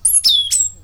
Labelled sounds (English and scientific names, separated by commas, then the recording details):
Stitchbird (Notiomystis cincta) song
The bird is a male
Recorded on Tiritiri Matangi Island, New Zealand, in 2005
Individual 17, of nest box 25